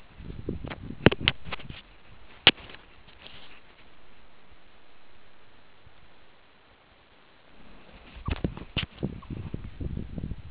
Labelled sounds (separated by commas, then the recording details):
meerkat short note
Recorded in the Kuruman River Reserve, South Africa
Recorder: an audio tag on a meerkat's collar